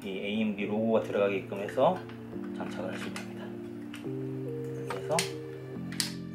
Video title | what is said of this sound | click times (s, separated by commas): 초보자를 위한 PC 본체 먼지 청소 요령 | 눌러주시면 딸깍딸깍한 소리가 나죠? | 5.9 s, 6.0 s